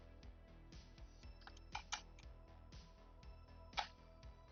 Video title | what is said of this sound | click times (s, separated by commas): Mac Builds the Totally Not Captain Jack Sparrow's Pirate Ship! Set# 10365 | There we go. See? Nice and flush. Also a very satisfying click. | 1.9 s